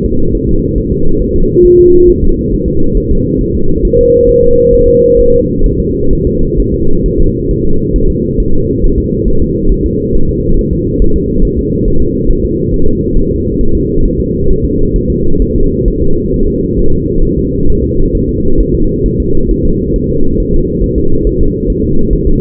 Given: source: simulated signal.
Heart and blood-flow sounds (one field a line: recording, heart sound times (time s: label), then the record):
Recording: fetal heart sounds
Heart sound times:
0.06 s: S2
0.35 s: S1
0.49 s: S2
0.78 s: S1
0.92 s: S2
1.22 s: S1
1.36 s: S2
1.66 s: S1
1.80 s: S2
2.09 s: S1
2.24 s: S2
2.54 s: S1
2.68 s: S2
2.97 s: S1
3.12 s: S2
3.41 s: S1
3.55 s: S2
3.85 s: S1
3.99 s: S2
4.29 s: S1
4.43 s: S2
4.74 s: S1
4.88 s: S2
5.20 s: S1
5.34 s: S2
5.66 s: S1
5.80 s: S2
6.13 s: S1
6.27 s: S2
6.60 s: S1
6.74 s: S2
7.06 s: S1
7.20 s: S2
7.51 s: S1
7.65 s: S2
7.96 s: S1
8.10 s: S2
8.40 s: S1
8.54 s: S2
8.84 s: S1
8.98 s: S2
9.28 s: S1
9.42 s: S2
9.72 s: S1
9.86 s: S2
10.15 s: S1
10.29 s: S2
10.59 s: S1
10.73 s: S2
11.02 s: S1
11.16 s: S2
11.45 s: S1
11.59 s: S2
11.88 s: S1
12.02 s: S2
12.31 s: S1
12.45 s: S2
12.74 s: S1
12.88 s: S2
13.17 s: S1
13.31 s: S2
13.61 s: S1
13.75 s: S2
14.06 s: S1
14.20 s: S2
14.51 s: S1
14.65 s: S2
14.96 s: S1
15.10 s: S2
15.42 s: S1
15.56 s: S2
15.88 s: S1
16.02 s: S2
16.34 s: S1
16.48 s: S2
16.79 s: S1
16.93 s: S2
17.25 s: S1
17.39 s: S2
17.70 s: S1
17.84 s: S2
18.15 s: S1
18.29 s: S2
18.60 s: S1
18.74 s: S2
19.06 s: S1
19.20 s: S2
19.51 s: S1
19.65 s: S2
19.96 s: S1
20.10 s: S2
20.40 s: S1
20.54 s: S2
20.84 s: S1
20.98 s: S2
21.27 s: S1
21.41 s: S2
21.70 s: S1
21.84 s: S2
22.13 s: S1
22.27 s: S2
From the record:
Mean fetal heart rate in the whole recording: 135 bpm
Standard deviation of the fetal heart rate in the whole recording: 3 bpm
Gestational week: 36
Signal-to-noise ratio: -19.1 dB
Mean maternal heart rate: 72 bpm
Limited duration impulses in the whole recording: present